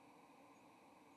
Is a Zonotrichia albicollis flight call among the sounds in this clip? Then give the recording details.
no. Another species' flight call is heard. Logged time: 07:25 on 30 October 2014